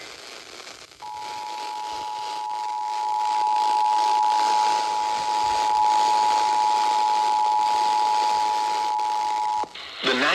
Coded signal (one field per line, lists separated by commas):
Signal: Emergency Alert System (SAME) tones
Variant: 853 and 960 Hz attention tone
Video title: EAS Alerts From 11/8/25: A Compilation (EAS 1071-1078)